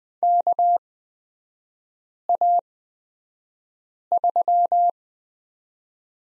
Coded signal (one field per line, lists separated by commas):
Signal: Morse code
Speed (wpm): 20 wpm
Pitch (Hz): 700 Hz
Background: none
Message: KA3